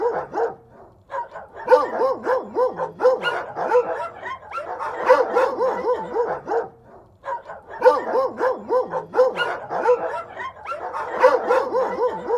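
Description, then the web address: Several dogs barking and yelping at once, overlapping wavering yips and barks in long bursts broken by brief lulls. "Annie sounds dogs barking"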